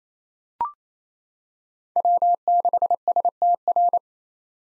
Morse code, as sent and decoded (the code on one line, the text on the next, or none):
.-- -.... ... - .-.
W6STR